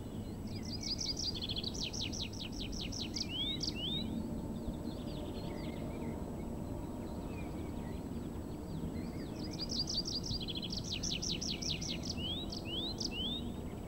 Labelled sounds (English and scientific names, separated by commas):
Tree Pipit (Anthus trivialis)